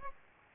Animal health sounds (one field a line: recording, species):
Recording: mosquito wingbeat signal from an infrared sensor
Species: Aedes aegypti